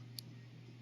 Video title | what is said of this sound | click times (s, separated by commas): Led Clicker Assembly V2 | push this in. Once I push it in, it locks | 0.2 s